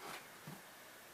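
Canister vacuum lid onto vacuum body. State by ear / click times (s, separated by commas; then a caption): not seated / none. The canister lid of a Eureka The Boss Mighty Mite II 3621 canister vacuum is lined up with its clips and handled onto the vacuum body. A brief rustling scrape is followed by a soft low thump around 0.5 s, then a steady quiet background. Nothing has seated or clicked yet.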